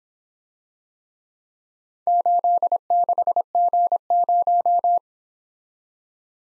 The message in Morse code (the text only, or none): 86G0